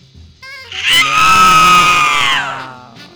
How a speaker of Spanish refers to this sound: ¿Quién como yo lanza su grito desgarrado? Choca contra el cemento. Amanecer frío. Oigo un grito.